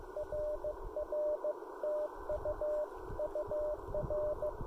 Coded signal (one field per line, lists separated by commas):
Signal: Morse code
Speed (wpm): 17 wpm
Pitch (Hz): 600 Hz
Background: none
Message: RR TU UR